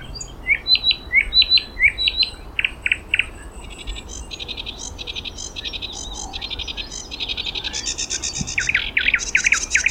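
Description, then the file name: Thrush nightingale song opening with sharp paired whistled notes, then throaty chopped notes and long runs of fast clicking rattles, ending in rapid repeated syllables. Song recorded in May 2026. "noordse nachtegaal zang mei 2026"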